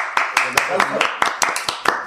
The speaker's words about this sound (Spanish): Y es más, le vamos a dar un aplauso a él.